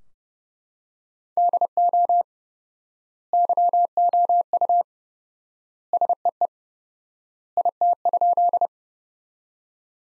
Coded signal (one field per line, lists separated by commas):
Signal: Morse code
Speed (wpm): 31 wpm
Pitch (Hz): 700 Hz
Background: none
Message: DO YOU SEE IT?